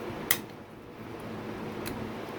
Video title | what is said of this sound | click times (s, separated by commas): 1:11 YZ450F 2019-2022 Top End Rebuild. New Timing Chain & Valves. Replacing piston on this Yamaha! | There it is, I felt it. You'll hear it, watch, listen. Heard it? | 0.3 s